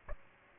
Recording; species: mosquito wingbeat signal from an infrared sensor; Aedes aegypti